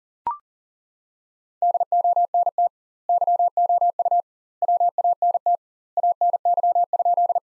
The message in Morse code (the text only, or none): DONT YOU WANT ANY?